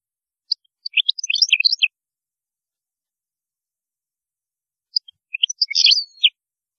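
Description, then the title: European goldfinch song: two quick bursts of tinkling, chattering notes separated by a quiet gap. "Chant Chardonneret"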